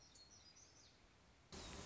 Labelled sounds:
Black-throated Gray Warbler
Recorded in Sonoma County, California

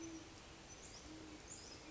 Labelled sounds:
Great Horned Owl
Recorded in Sonoma County, California

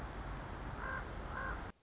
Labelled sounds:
Common Raven
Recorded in Sonoma County, California

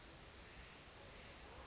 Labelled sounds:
Western Flycatcher
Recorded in Sonoma County, California

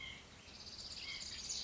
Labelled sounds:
White-breasted Nuthatch
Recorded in Sonoma County, California

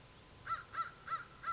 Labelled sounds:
American Crow
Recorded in Sonoma County, California

